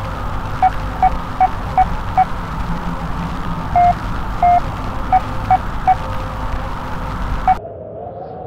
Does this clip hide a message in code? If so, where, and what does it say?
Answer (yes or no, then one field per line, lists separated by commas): no